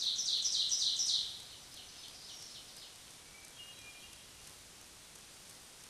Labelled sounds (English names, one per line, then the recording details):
Hermit Thrush song
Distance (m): 45 m
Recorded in a Pennsylvania forest on 3 June 2023 at 07:12
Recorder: AudioMoth, point grid3_28_low
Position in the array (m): 76 m, 38 m